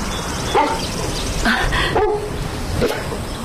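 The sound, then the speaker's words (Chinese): A dog, Bailey, gives a few short, high barks and whining whimpers, spaced out in separate bursts over a steady background hiss, as it is brought back to its owner. “我来送你的狗。”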